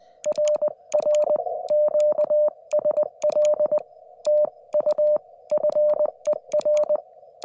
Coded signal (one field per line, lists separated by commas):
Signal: Morse code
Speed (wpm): 20 wpm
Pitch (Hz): 590 Hz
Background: none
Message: RR QSL TU FER